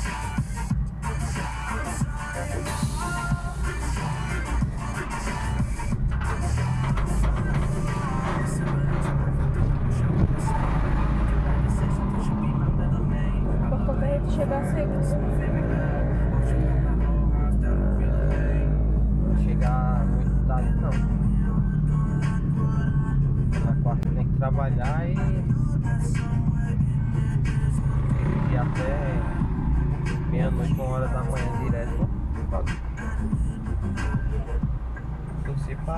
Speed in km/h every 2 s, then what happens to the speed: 0, 0, 0, 13, 19, 29, 35, 36, 36, 35, 30, 24, 24, 19, 12, 2, 0, 0.
0-4 standing. 4-14 pulls away to 36. 18-22 slows to 24. 25-30 brakes to 2. 30-36 standing.